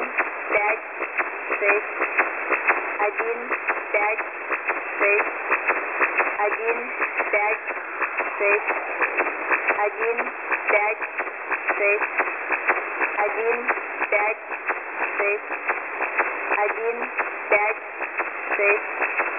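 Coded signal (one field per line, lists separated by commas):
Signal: numbers station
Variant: S06s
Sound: faint spoken voice fragments through heavy crackling shortwave static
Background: radio static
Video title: 2 nachrichten vom ukrainischen Agentensender S06s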